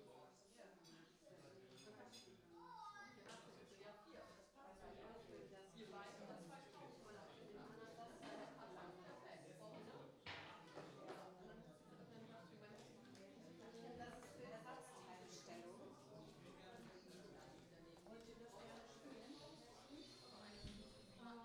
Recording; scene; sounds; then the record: everyday scene through a hearing-aid microphone; many people talking; many voices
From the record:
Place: parish hall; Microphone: in the ear canal, right